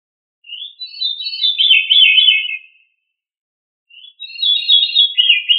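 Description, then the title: Thrush song: two rich warbled phrases of quick, rolling, slurred notes that slide up and down, separated by about a second of silence. "Familia Turdidae - Sabia"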